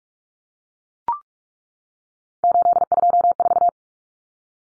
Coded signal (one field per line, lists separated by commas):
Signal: Morse code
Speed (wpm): 44 wpm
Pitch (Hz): 700 Hz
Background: none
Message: 824